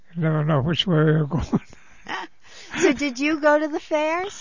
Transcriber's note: they laugh